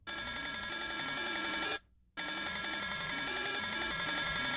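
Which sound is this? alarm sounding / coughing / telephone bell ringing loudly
telephone bell ringing loudly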